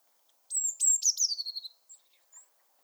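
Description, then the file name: Eurasian blue tit call: high piercing opening notes run into a falling, buzzy chatter, followed by two faint thin whistles. "Cyanistes caeruleus"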